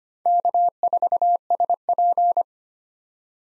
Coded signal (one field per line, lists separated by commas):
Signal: Morse code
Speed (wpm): 25 wpm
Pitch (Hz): 700 Hz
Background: none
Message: K4SP